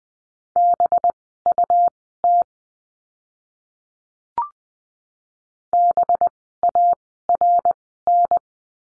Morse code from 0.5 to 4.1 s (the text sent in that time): BUT